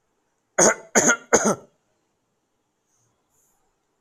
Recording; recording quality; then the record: heavy voluntary cough; excellent, no background noise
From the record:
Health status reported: respiratory illness, not identified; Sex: male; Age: 21 years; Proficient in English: yes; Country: India